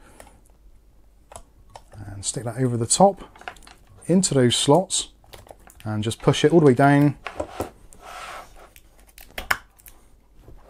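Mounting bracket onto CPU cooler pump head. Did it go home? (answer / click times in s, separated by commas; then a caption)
yes / 9.5 s. A horseshoe-shaped plastic mounting bracket is placed over the pump head of an Inwin MR36 ARGB 360mm AIO CPU cooler, into its slots, and pushed all the way down while someone talks. Light handling taps and rustles are followed by a sharp, loud click at 9.5 s as the bracket seats firmly onto the pump head, secure enough that it won't pull off easily.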